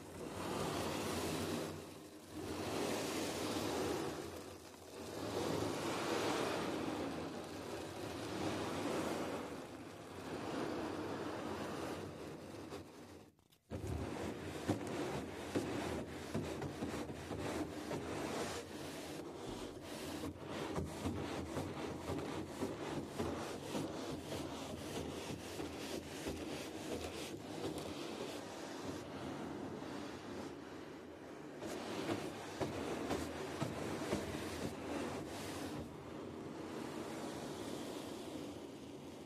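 Scratching and brushing on a drum, first in slow sweeping strokes that swell and fade every second or two. A sharp cut comes near 13 seconds, then the rubbing turns denser and busier, a steady rough hiss with quick small scrapes through to the end.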